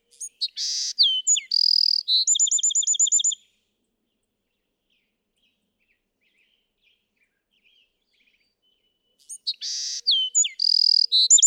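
Bewick's wren, two song bursts of buzzy notes and a rapid trill separated by several seconds of near silence.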